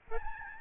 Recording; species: mosquito wingbeat signal from an infrared sensor; Aedes albopictus